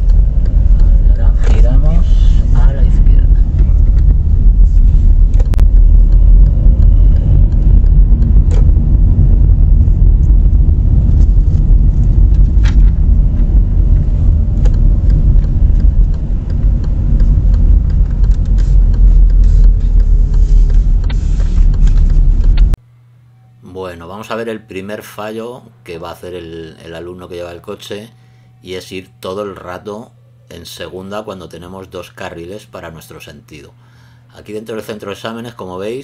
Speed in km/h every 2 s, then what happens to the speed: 13, 17, 22, 30, 30, 29, 28, 25, 23, 19, 16, 15, 18, 25, 30, 31, 31, 32.
0-6 speeds up to 30. 6-12 steady at about 29. 12-21 slows to 15. 21-28 speeds up to 30. 28-36 steady at about 31.